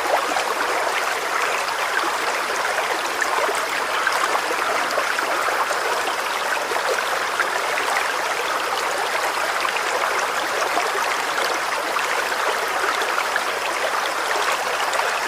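A flowing creek runs steadily for the whole stretch, a dense, even rush of water centered in the middle and upper range with little low rumble. The level holds constant throughout, with fine bubbling detail but no distinct separate events.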